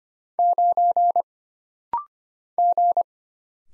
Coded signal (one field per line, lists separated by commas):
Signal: Morse code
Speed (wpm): 25 wpm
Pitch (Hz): 700 Hz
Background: none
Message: 9 G